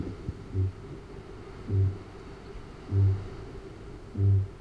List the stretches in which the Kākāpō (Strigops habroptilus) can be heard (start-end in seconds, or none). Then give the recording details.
0.26-0.87, 1.33-4.60. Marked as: faintness 3/5. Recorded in New Zealand. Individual Arab